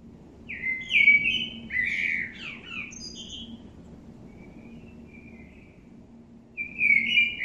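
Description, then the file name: Common blackbird singing a fluted warble that ends in a thin, squeaky twitter, then a long pause before the next phrase begins. "Turdus merula"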